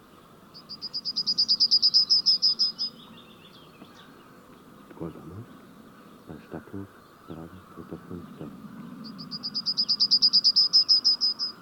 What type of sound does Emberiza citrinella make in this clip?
song